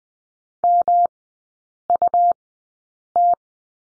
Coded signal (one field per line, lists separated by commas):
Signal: Morse code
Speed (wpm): 19 wpm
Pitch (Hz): 700 Hz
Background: none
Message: MUT